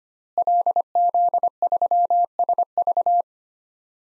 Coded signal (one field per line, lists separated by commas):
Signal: Morse code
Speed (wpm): 25 wpm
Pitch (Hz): 700 Hz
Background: none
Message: LZ3SV